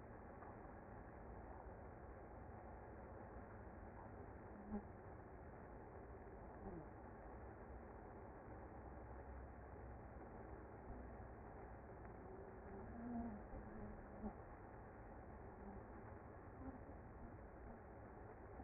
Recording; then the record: honeybee colony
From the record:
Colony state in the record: active